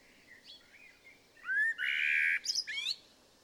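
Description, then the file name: Common blackbird song, starting with soft thin whistles, then a loud rising sweep and a harsh, noisy burst, followed by several quick sharp notes over low background hiss. "Turdus merula"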